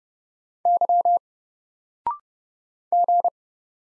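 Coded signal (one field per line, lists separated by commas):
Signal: Morse code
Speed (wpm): 30 wpm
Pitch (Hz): 700 Hz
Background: none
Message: Y G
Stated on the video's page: Morse code practice of single letters at 30 wpm; each is sent, spoken after a 0.6 second pause, then sent again.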